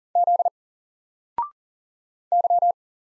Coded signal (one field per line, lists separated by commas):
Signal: Morse code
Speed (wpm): 40 wpm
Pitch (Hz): 700 Hz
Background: none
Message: Z Y